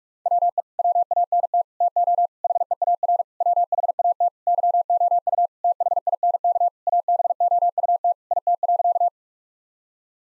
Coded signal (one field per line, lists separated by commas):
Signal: Morse code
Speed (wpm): 46 wpm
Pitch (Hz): 700 Hz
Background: none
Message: WE WANT TO HEAR WHAT YOU THINK ABOUT IT.